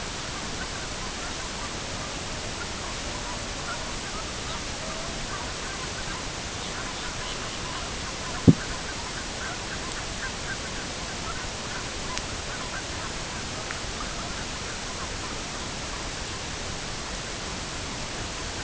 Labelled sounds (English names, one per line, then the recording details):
unidentified sound
Sabine's Gull
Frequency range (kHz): Sabine's Gull 2.4-4.7 kHz
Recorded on Arctic tundra, site EABA-MC, on 22 June 2019
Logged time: 08:00